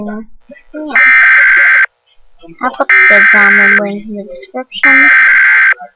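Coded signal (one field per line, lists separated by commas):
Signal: Emergency Alert System (SAME) tones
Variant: header bursts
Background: speech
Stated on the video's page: EAS tones made by a software generator, not broadcast on TV.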